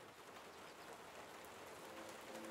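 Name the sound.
heavy pouring rain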